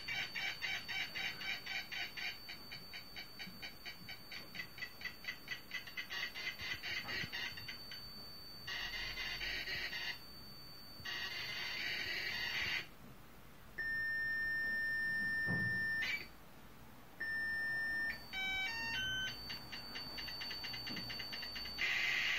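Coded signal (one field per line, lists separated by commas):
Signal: computer data on cassette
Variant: SAM Coupé turbo loading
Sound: rhythmic buzzing pulses, blocks of harsh screech, a steady whistle tone, then more harsh data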